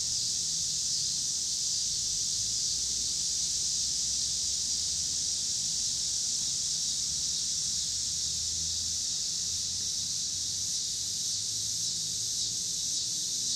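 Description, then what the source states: Cicadas keep up a loud, even, hissing drone, with a faint pulsing near the end and cars rumbling past low down. Cicadas with passing car traffic in Pittsburgh, Pennsylvania, on 26 August 2023.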